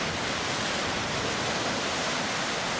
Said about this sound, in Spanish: un sonido del mar con las olas y que vienen y van.